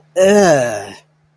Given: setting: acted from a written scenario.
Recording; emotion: vocal sound without words; disgust